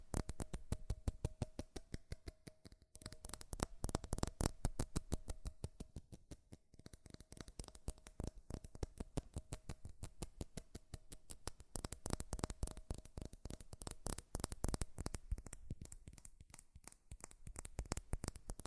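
Fast, furious tapping on metal runs without pause, a dense stream of sharp, bright clicks several per second. The rhythm is uneven, thinning briefly near three seconds and seven seconds, and a faint steady ringing tone hangs underneath through the first half.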